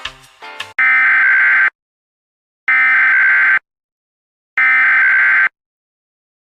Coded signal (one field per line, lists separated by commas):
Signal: Emergency Alert System (SAME) tones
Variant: header bursts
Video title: EAS Reenactment Mock: Harvey wrecks havoc in South Texas